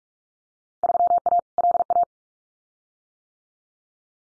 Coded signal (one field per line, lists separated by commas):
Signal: Morse code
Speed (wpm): 44 wpm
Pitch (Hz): 700 Hz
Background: none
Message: 3A LA